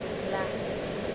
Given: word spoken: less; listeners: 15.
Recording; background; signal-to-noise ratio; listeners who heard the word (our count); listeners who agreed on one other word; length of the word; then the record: one English word in noise, from a listening test; speech-shaped noise; -6.2 dB; 3 of 15; 7 of 15; 0.75 s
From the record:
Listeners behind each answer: 7, 3, 3, 1, 1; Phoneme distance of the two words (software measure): 17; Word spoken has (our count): 1 syllable, 3 phonemes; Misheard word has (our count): 1 syllable, 4 phonemes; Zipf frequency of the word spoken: 5.31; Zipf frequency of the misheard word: 5.97